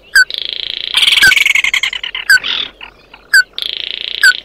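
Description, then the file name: Red-eyed bird (chim mắt đỏ) calls: sharp falling chirps set among long harsh buzzy bursts and a grating rattled passage. "Tieng chim mat do"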